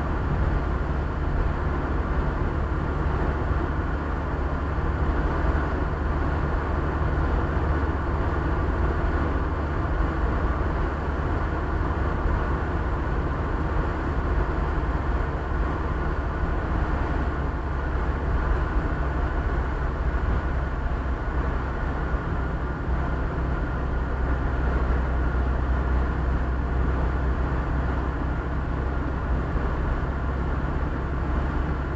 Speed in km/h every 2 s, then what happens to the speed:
68, 69, 70, 71, 70, 69, 70, 69, 68, 66, 64, 62, 62, 63, 64, 65.
0-13 steady at about 70. 13-22 slows to 62. 22-32 steady at about 63.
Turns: none.